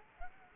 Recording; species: mosquito wingbeat signal from an infrared sensor; Culex quinquefasciatus